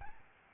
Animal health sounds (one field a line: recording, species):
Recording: mosquito wingbeat signal from an infrared sensor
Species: Aedes albopictus